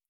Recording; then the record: hydrophone in a shrimp aquaculture tank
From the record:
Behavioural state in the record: feeding